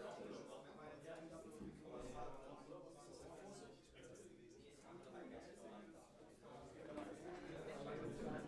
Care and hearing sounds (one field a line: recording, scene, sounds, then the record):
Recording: everyday scene through a hearing-aid microphone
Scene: many people talking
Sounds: many voices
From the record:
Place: bistro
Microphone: behind the ear, left, front